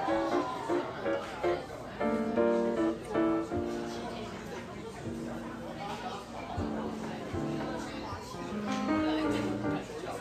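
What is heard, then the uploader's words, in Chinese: Café background noise recorded on site: several voices talk at once, with one speaker standing out clearly at times. The murmur is steady and dense, with soft clinks and thumps scattered throughout. 來自咖啡廳的白噪音。本集就是現場錄製咖啡廳的白噪音。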